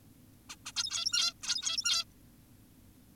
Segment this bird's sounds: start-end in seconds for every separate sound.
0.50-0.56, 0.66-0.72, 0.77-1.34, 1.43-2.04